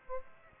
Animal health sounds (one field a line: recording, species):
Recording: mosquito wingbeat signal from an infrared sensor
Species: Aedes aegypti